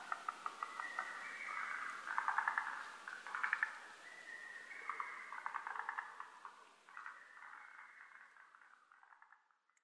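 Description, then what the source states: Lesser cuckoo-type staccato phrases in quick succession, growing softer and fading out toward the end. Recorded 12 June 2010 at 02:02; Japanese name hototogisu.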